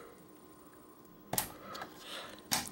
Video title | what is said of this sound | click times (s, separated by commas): How To Upgrade Computer Memory | And just push it down. And it'll just snap right into place. | 2.5 s